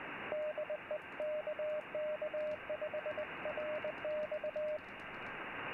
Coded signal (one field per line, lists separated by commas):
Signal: Morse code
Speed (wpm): 20 wpm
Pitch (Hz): 610 Hz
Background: radio noise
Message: DE KK5RX